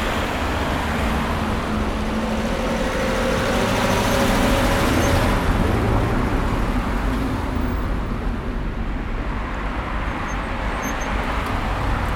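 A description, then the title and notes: Light city traffic in summer: a steady, dense wash of low engine rumble and tire noise that never drops out. Around four to six seconds a passing vehicle swells slightly louder, and the upper hiss thins a bit after eight seconds. Light City Traffic in the Summertime.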